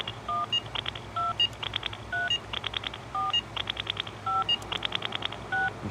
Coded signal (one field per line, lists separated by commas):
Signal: DTMF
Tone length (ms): 180 ms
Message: 12 3 4 5 6